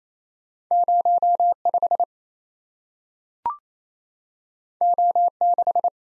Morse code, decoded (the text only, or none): 05 O6